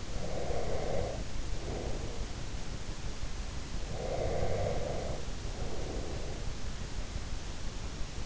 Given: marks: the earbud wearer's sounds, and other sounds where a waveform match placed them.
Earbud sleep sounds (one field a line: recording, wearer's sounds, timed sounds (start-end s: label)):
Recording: sounds in sleep by an in-ear microphone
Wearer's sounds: breath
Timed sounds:
0.00-2.40 s: breath
3.91-6.28 s: breath